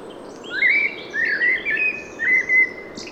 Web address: SETE Turdus merula